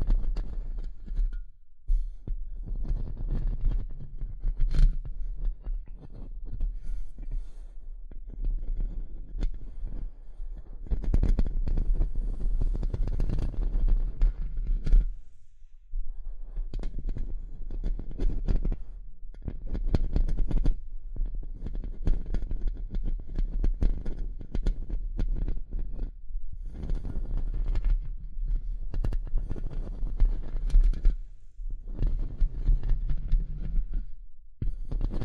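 Tapping and scratching run in dense bursts of a few seconds each, separated by short pauses near 2, 15, 19 and 31 seconds. The sound is mostly low and muffled, with frequent sharp clicks flickering brighter, and a steady low hum underneath throughout.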